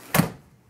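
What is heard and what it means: The bottom frame hinge of an Arm's Reach co-sleeper is pushed down by hand and then with a foot until it snaps into its locked position. A single sharp, loud snap is heard at 0.15 s and fades quickly, showing the frame joint has locked in place. It sounds as if it might break, but it does not.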